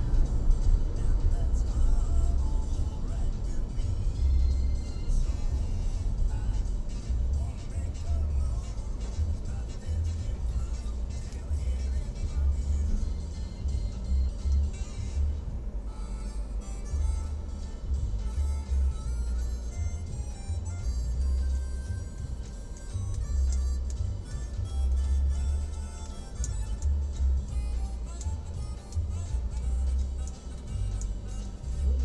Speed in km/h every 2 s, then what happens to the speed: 39, 31, 26, 16, 6, 0, 0, 0, 0, 0, 0, 0, 0, 0, 0, 0.
0-9 brakes to 0. 9-32 standing.